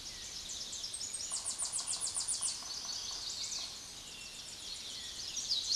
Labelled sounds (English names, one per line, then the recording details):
Tennessee Warbler song
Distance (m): 20 m
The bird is about 15 m above the microphone
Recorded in a Pennsylvania forest on 16 May 2024 at 06:13
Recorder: AudioMoth, point MSD-2306
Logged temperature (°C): 15.6 °C
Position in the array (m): 35 m, 55 m